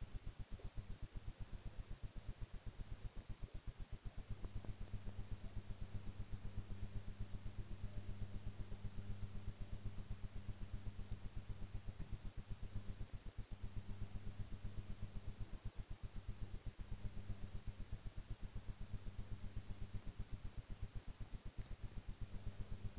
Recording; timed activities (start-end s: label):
household activities, microphone on the right wrist
0.00-22.99 s: working on the computer